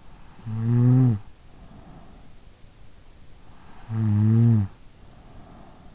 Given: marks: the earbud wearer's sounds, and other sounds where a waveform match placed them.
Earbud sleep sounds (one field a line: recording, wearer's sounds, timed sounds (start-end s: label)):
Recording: sounds in sleep by an in-ear microphone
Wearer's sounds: snoring breath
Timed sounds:
0.00-2.54 s: snoring breath
3.68-5.94 s: snoring breath